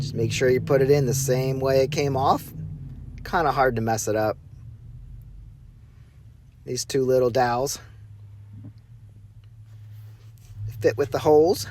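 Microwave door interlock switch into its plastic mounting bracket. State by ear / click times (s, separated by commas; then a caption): not seated / none. A microwave door interlock switch is lined up in its plastic mounting bracket so the two little dowels fit into the holes of the mount, with someone talking throughout. Minor handling taps are heard. Nothing has clicked or snapped into place yet.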